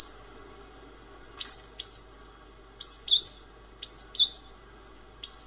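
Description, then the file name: Bird song: high, clear whistled chirps in pairs and singles, each with a sharp downward slide. Samsung ringtone. "vogelgezwitscher"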